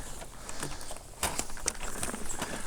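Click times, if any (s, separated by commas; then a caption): none. A plastic body section of an animated skeleton pirate decoration from Home Depot is pushed onto its mating section, assembling one side at a time. Soft plastic handling noise is broken by several short taps and knocks, the sharpest near 1.2 and 1.7 seconds. The part has not snapped into place yet, so the pieces still need to be pushed together tightly.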